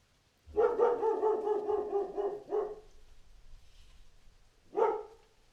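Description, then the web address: Dog barking in a fast continuous run for about two seconds, a short break, then one more bark. "animals dog barking"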